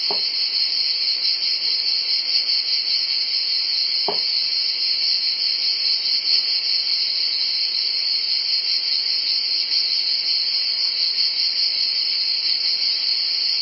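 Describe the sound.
Cicada chorus: a continuous high, hissing drone that never pauses, broken only by two short knocks early on.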